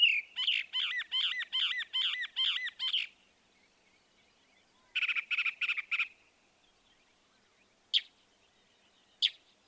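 Northern mockingbird song: several repeated looping whistled phrases, then a burst of harsh rasping notes, followed by two isolated sharp chips.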